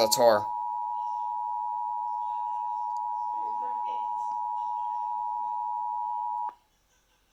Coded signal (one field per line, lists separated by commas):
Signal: Emergency Alert System (SAME) tones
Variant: 853 and 960 Hz attention tone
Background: speech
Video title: EAS 1356 TOR NWS Birmingham